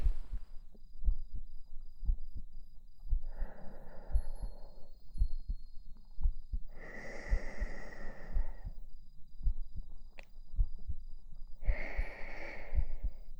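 Soft, steady low thumps at about 57 beats a minute: an adult heartbeat heard up close. Three slow, breathy whooshes pass over it, like long breaths, and a faint high steady tone runs in the background.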